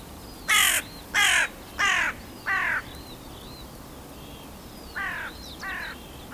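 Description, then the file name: Carrion crow cawing: four loud, harsh caws in quick succession, then two fainter caws after a pause, with thin whistled calls of other birds in the background. "Corvus corone"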